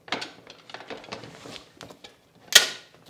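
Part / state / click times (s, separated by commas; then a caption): light modifier accessory into the bayonet mount of a video light / seated / 2.6 s. A light-shaping modifier is twisted into the bayonet mount of an SL60 continuous video light, with the light tilted upward because the accessory enters the bayonet most easily that way. A series of soft clicks, taps and rattles is heard from about 0.1 to 1.6 s, then a loud, sharp click at 2.6 s as the modifier locks, firmly seated.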